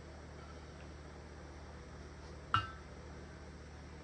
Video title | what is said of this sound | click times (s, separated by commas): Dismounting and mounting 13” trailer tires using hand tools. | And there, I don't know if you could hear it, it sort of popped into place, just in there. | 2.5 s